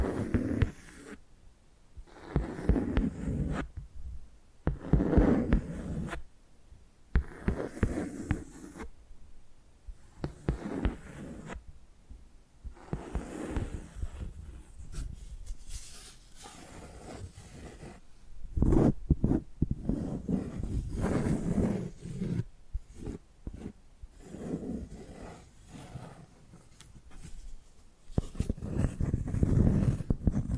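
Tapping and scratching sounds come in uneven bursts throughout, with short gaps of near silence between clusters. Sharp taps stand out against softer, rustling scrapes that mostly sit low and mid in tone. The activity thickens in the second half, with quicker runs of taps.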